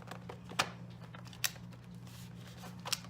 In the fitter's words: I had it open, and to see where it says lock, I just heard it click.